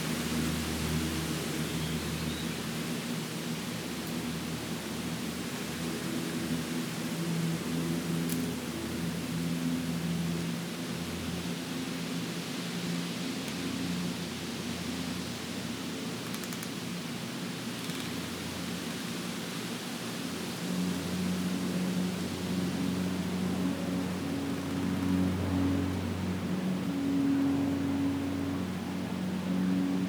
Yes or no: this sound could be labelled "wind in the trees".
yes